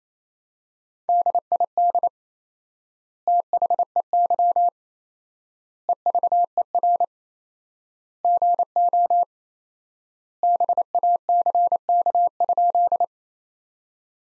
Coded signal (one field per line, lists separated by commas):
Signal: Morse code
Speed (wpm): 28 wpm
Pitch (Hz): 700 Hz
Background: none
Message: DID THEY EVER GO BACK?